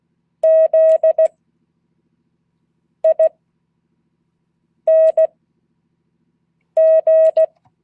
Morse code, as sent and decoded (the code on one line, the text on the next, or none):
--.. .. -. --.
ZING